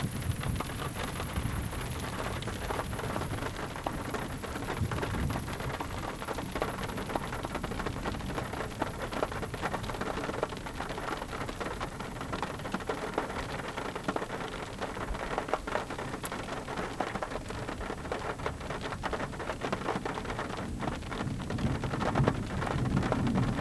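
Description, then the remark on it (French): Steady heavy rain hisses and patters across a broad wash of noise, with low rumbling thunder rolling underneath throughout, no voices present. “Le ciel caché par les nuages orange qui coulent de sable dans l'orage.”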